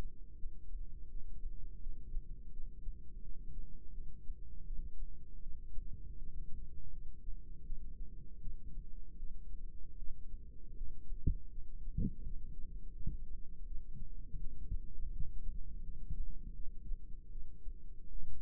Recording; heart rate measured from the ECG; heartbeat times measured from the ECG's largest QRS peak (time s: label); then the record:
heart sounds by microphone in the right ear; 81 bpm
0.38 s: heartbeat
1.09 s: heartbeat
1.80 s: heartbeat
2.51 s: heartbeat
3.22 s: heartbeat
3.92 s: heartbeat
4.65 s: heartbeat
5.41 s: heartbeat
6.16 s: heartbeat
6.91 s: heartbeat
7.64 s: heartbeat
8.40 s: heartbeat
9.17 s: heartbeat
9.96 s: heartbeat
10.75 s: heartbeat
11.50 s: heartbeat
12.22 s: heartbeat
12.93 s: heartbeat
13.65 s: heartbeat
14.38 s: heartbeat
15.11 s: heartbeat
15.81 s: heartbeat
16.54 s: heartbeat
17.30 s: heartbeat
18.09 s: heartbeat
From the record:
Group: healthy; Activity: rest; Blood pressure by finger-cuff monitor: 113/86 mmHg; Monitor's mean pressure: 100 mmHg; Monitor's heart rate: 81 bpm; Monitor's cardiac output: 4.5 L/min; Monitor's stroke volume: 57 mL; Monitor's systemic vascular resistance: 1600 dyn s/cm5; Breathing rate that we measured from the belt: 14 breaths a minute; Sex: female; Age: 51 years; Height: 162 cm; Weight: 70.04 kg